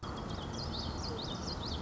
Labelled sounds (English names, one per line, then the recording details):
Common Yellowthroat
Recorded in Sonoma County, California